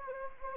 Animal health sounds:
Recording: mosquito wingbeat signal from an infrared sensor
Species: Anopheles gambiae

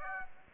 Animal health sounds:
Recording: mosquito wingbeat signal from an infrared sensor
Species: Aedes aegypti

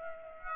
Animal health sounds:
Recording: mosquito wingbeat signal from an infrared sensor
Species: Aedes aegypti

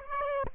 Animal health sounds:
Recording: mosquito wingbeat signal from an infrared sensor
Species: Aedes albopictus

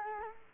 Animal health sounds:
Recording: mosquito wingbeat signal from an infrared sensor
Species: Culex quinquefasciatus

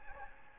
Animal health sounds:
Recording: mosquito wingbeat signal from an infrared sensor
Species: Aedes albopictus

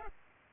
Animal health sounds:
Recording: mosquito wingbeat signal from an infrared sensor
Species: Culex pipiens

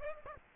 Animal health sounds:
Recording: mosquito wingbeat signal from an infrared sensor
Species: Aedes aegypti

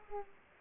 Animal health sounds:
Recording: mosquito wingbeat signal from an infrared sensor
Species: Aedes aegypti

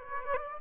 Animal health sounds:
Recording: mosquito wingbeat signal from an infrared sensor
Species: Aedes aegypti

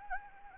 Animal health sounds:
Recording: mosquito wingbeat signal from an infrared sensor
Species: Anopheles gambiae

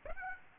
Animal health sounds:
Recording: mosquito wingbeat signal from an infrared sensor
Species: Aedes aegypti

